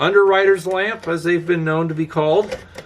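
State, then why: Not seated. Someone talks while handling a metal part of the burner and cage assembly, with its locking loops, on a square-tube kerosene lantern. The part has not been pushed home yet, and nothing has seated or clicked in this clip.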